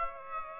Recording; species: mosquito wingbeat signal from an infrared sensor; Aedes aegypti